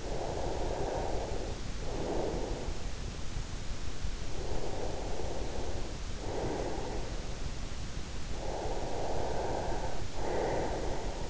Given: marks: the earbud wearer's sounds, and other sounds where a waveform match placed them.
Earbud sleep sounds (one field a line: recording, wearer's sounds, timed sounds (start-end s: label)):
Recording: sounds in sleep by an in-ear microphone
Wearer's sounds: breath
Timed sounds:
0.00-2.71 s: breath
4.41-7.16 s: breath
8.46-11.30 s: breath